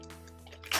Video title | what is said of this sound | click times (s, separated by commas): LFC#135 - HP 350 LCD and tidyup | it comes off there we go there's a there's a click | 0.7 s